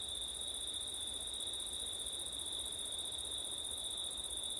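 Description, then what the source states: Continuous cricket trilling, high and even with no pauses, layered over a constant low rush of wind. Crickets singing at night in September, recorded in windy conditions; ORTF microphone setup.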